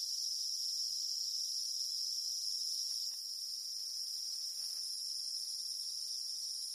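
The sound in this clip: Cicadas produce a constant shrill drone, with a few faint clicks and a soft brief call in the middle.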